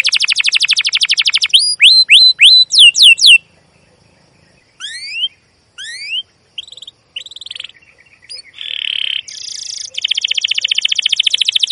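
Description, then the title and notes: Canary song broken into parts: a rapid trill, several looping whistles, pauses with short rising notes, then scratchy buzzes and a steady fast trill. Canary song used as a lure (pancingan, masteran) to train young canaries to sing; described as gacor, long, emotional chirping. "CUIT CUIT NGEROL LANGSUNG GACOR PANJANG Kenari Ini AMPUH Utk Pancingan KENAR. PANCINGAN Kenari GACOR PANJANG Cuit CUIT EMOSI ini AMPUH utk MASTERAN Kenari PAUD belajar BUNYI. burung kenari"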